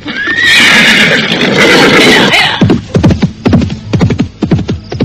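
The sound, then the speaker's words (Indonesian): A jet-black horse, led out of a stable and mounted by a young man, lets out a loud, shrill whinny lasting about two seconds, followed by a steady rhythmic clatter of hooves clopping on a hard surface. “Kalaba mengeluarkan seekor kuda berwarna hitam legam, kemudian naik ke atas punggungnya.”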